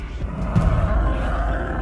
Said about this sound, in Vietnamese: Quỷ Hầu gầm lên, toàn thân tỏa khói đen, nhanh như chớp nó lao vào tấn công ba người.